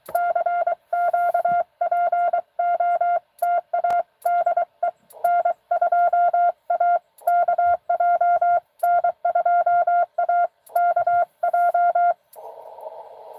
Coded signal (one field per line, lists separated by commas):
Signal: Morse code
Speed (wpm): 24 wpm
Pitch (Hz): 700 Hz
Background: none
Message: CQ POTA DE N2AKJ N2AKJ